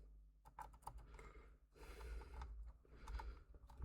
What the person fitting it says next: You heard that click.